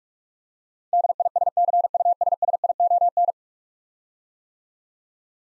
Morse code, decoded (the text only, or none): DISCUSSION